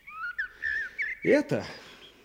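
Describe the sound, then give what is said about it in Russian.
An animal cry, either an old partridge or a young bear: a thin, warbling whistle wavers for about a second, then two short, lower, rougher calls break in before fading into quiet. “Это либо старый куропат, либо это молодой медведь.”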